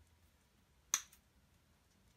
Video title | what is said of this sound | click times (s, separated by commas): Tuto : changement d'écran (vitre tactile + afficheur/LCD) OnePlus One | bien clipsé alors faut forcer un petit peu mais pas trop non plus car le plastique est assez fragile | 0.9 s